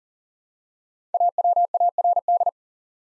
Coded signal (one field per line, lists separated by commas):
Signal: Morse code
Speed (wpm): 40 wpm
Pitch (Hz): 700 Hz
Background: none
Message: AWARD